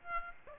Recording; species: mosquito wingbeat signal from an infrared sensor; Aedes aegypti